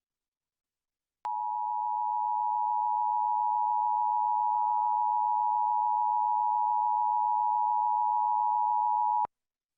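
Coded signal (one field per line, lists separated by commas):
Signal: Emergency Alert System (SAME) tones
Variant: 853 and 960 Hz attention tone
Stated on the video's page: Texas Required Monthly Test as broadcast on Dallas/Fort Worth radio and television stations.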